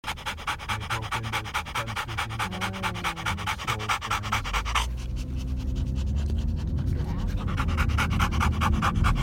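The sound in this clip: Dog panting in rapid rhythmic huffs, with a rubbing, scraping sound.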